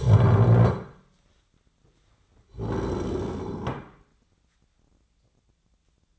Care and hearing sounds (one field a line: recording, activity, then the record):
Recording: daily activity, microphone in the room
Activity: stand up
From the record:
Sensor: 3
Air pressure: 1009.2 hPa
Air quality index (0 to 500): 183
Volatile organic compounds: 3 ppm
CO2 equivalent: 1476 ppm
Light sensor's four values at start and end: 51/131/58/59 and 40/102/46/47